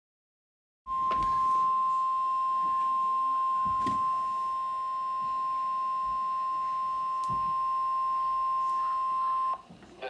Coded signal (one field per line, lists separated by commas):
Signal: Emergency Alert System (SAME) tones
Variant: 1050 Hz attention tone